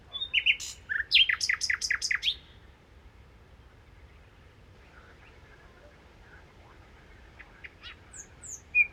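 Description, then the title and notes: Common nightingale song: a phrase of quick repeated sharp notes in the first seconds, then quiet with faint scattered notes and a closing whistle. Nightingale song recorded 1 May 2019 in the Crau, Bouches-du-Rhône, France, with a Nagra Seven recorder, comparing cardioid (MKH8040) and omnidirectional (MKH8020) microphones. "Crau - Bouches du Rhône. Rossignol philomèle"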